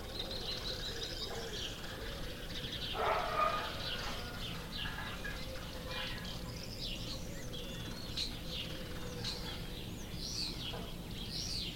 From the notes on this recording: the gentle cooing of doves to the playful warbling of canaries